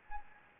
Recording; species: mosquito wingbeat signal from an infrared sensor; Anopheles gambiae